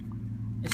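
Two quick pops close together, both at about 0.7 s, as a snap button on the canvas cover of a soft SoftTopper truck bed topper on a Chevy truck is pulled off its stud along the side of the bed. A steady low hum runs underneath, and the button comes free.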